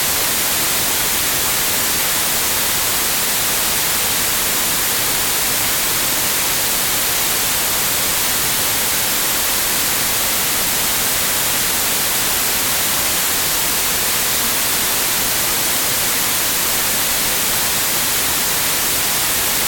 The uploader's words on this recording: WHITE NOISE • The Classic Random Signal Designed by Engineers.